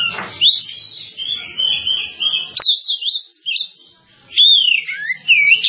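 Bird song: a flowing high warble of clear whistled slurs, pausing briefly before resuming with rising and falling whistles.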